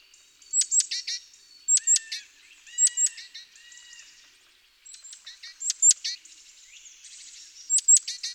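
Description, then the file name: Great tit churring calls: bright high ticks leading into grating, buzzy notes, several bursts with brief pauses and soft chatter between them. "Parus major"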